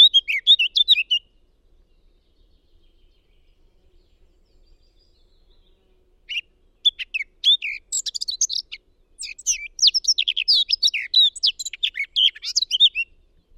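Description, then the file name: Eurasian blackcap song, a short warbled phrase, about five seconds of silence, then a longer rich and rapid chattering warble to the end. "Sylvia atricapilla"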